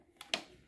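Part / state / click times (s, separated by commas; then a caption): tuner pigtail plug into motorcycle fuel injector wiring connector / seated / 0.2 s, 0.3 s. The second plastic plug of a JD Jetting Power Surge 6X EFI tuner pigtail is pressed down and nestled into the fuel injector wiring connector on a Honda CRF 450L motorcycle. Two sharp clicks are heard at 0.2 s and a louder one at 0.3 s. The plug is seated and the click sounds good.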